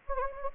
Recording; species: mosquito wingbeat signal from an infrared sensor; Anopheles gambiae